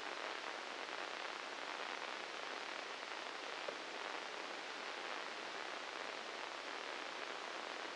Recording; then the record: brain microelectrode recording played as sound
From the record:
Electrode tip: inside the subthalamic nucleus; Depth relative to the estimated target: 0 mm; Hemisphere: left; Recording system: NeuroSet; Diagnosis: Parkinson's disease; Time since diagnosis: 8 years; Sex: male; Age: 37 years